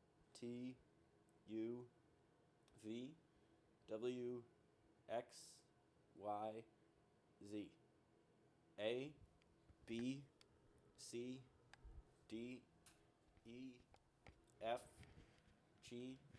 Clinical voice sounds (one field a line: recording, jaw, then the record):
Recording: letters of the alphabet, spoken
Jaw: free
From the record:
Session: seven days later